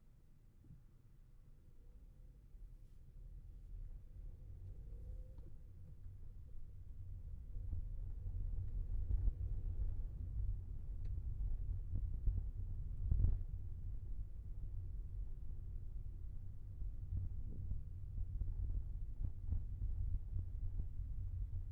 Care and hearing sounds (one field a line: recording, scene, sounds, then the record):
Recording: everyday scene through a hearing-aid microphone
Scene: in a vehicle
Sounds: engine, rumble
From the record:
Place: Skoda Fabia, gasoline engine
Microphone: behind the ear, left, front